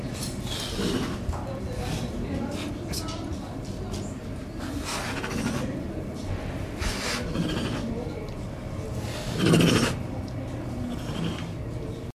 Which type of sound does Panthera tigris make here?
snorting